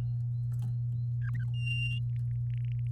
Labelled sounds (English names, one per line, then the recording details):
Domestic Canary song
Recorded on 8 May 2018 at 05:49
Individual llb16